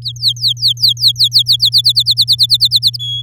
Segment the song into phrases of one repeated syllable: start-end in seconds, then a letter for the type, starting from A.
0.02-1.81 A, 1.84-2.97 B, 2.99-3.22 C